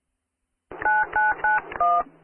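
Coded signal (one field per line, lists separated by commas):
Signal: DTMF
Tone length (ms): 190 ms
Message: 9991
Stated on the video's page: DTMF heard on a 444.8500 MHz repeater of the K-Link repeater network.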